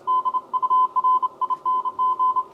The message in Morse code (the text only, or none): DURING